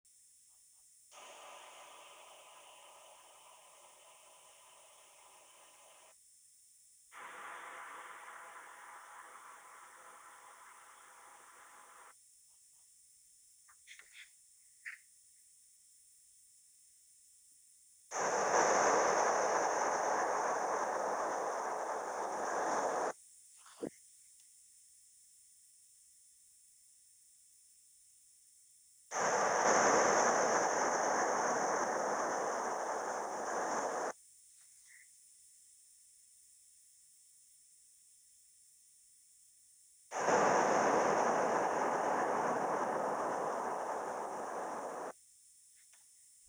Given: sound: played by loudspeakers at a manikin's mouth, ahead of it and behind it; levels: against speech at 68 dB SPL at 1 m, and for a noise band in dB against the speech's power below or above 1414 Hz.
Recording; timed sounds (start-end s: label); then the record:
test signals for a remote microphone
1.10-6.11 s: speech-spectrum noise from ahead
7.11-12.11 s: speech-spectrum noise from behind
18.11-23.11 s: speech-spectrum noise from the mouth, turned 45 degrees left
29.11-34.11 s: speech-spectrum noise from the mouth, facing ahead
40.11-45.11 s: speech-spectrum noise from the mouth, turned 45 degrees right
From the record:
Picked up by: remote microphone C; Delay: 23 ms